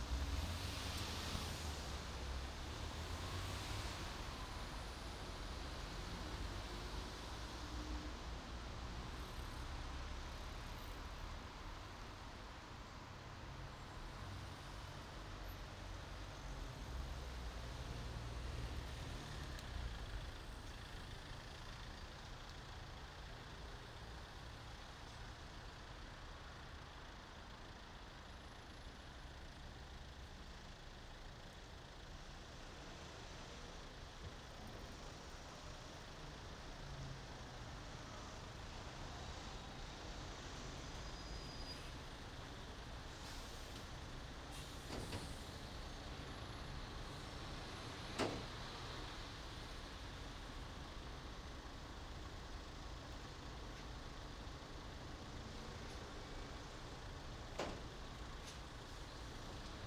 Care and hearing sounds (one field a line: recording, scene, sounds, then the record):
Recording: everyday scene through a hearing-aid microphone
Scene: in traffic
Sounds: traffic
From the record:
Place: main city hub, rush hour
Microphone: in the ear canal, right